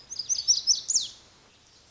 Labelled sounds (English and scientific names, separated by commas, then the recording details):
Lazuli Bunting (Passerina amoena)
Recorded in Sonoma County, California